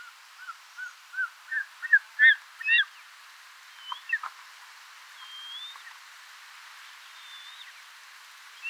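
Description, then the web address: Short-toed snake eagle giving a series of whistled yelping notes that rise and intensify, followed by scattered clicks and a few faint, drawn-out high whistles. "circaetus gallicus call"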